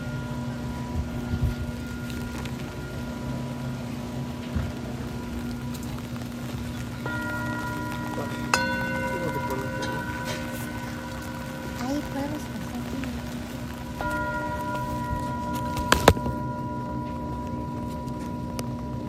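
Steady rain patters over a low, continuous rumble. Singing bowl tones ring out in long sustained layers that swell anew around 7 and 14 seconds and hang in the air. A few sharp knocks stand out near 16 seconds.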